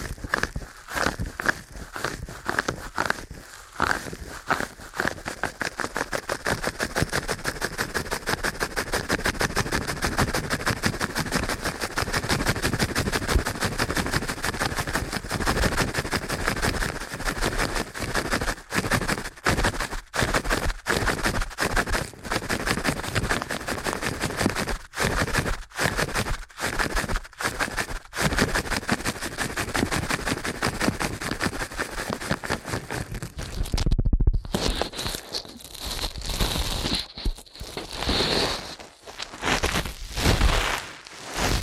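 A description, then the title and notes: Ear cleaning done at high speed: a dense, fast stream of scratchy rubbing and crackling that barely lets up. Short gaps break it near 4, 20, 25 and 34 seconds, and after 34 seconds the scratching turns thinner and more hissing. ASMR Ear Cleaning at Helicopter Speed.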